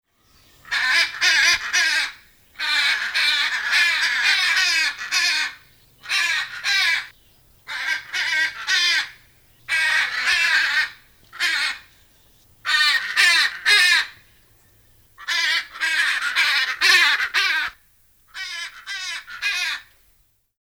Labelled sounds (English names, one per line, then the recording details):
Hyacinth Macaw
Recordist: Tembrock, Günter
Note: Lautfolgen eines Paares